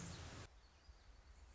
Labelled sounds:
Anna's Hummingbird (Calypte anna)
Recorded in Sonoma County, California

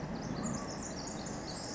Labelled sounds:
Pacific Wren (Troglodytes pacificus)
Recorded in Sonoma County, California

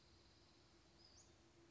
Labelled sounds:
Western Flycatcher (Empidonax difficilis)
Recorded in Sonoma County, California

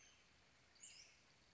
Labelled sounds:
Western Tanager (Piranga ludoviciana)
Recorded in Sonoma County, California

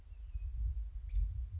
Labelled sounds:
American Robin (Turdus migratorius)
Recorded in Sonoma County, California

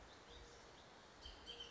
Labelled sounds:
Bullock's Oriole (Icterus bullockii)
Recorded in Sonoma County, California

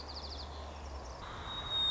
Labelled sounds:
White-crowned Sparrow (Zonotrichia leucophrys)
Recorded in Sonoma County, California

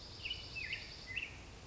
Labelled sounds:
Black-headed Grosbeak (Pheucticus melanocephalus)
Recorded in Sonoma County, California

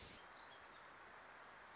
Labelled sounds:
Wilson's Warbler (Cardellina pusilla)
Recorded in Sonoma County, California

